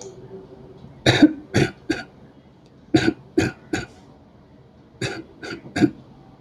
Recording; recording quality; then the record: shallow voluntary cough; excellent, no background noise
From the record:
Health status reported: healthy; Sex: male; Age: 53 years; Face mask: not worn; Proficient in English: yes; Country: India